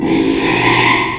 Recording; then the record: squeal of a Yucatan mini pig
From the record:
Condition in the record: after surgery on the right vocal fold (resection and tissue-engineered implant); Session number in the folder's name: 1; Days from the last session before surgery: 6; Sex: male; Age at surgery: 12 weeks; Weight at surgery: 13 kg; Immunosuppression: cyclosporine, prednisolone